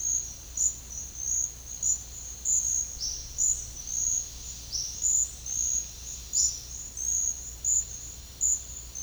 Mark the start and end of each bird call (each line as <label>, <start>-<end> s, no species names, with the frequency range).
bird call (3.5-7.0 kHz), 2.93-3.26 s
bird call (3.8-7.1 kHz), 4.71-5.02 s
bird call (3.6-6.3 kHz), 6.34-6.68 s